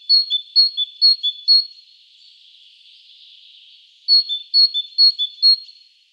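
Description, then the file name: Great tit song, a rhythmic series of clear two-note whistles alternating high and low, given in two quick bursts with a soft hissing pause between them. "Parus major"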